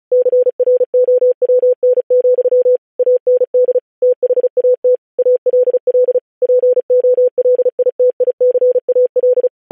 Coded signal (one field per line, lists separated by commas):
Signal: Morse code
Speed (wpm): 36 wpm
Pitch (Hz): 500 Hz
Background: none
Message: CROWN, AND THAT ALL POLITICAL